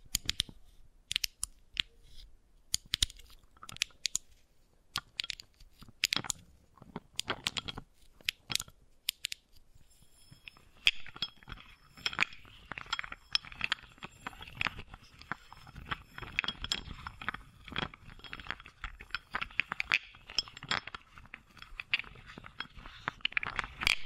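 Wooden balls clack and roll in sharp, irregular taps, sparse and spaced through the first ten seconds. From about ten seconds on the sound turns busier and steadier, a dense rattling and grinding with bright clicks layered over a continuous rolling rumble to the end.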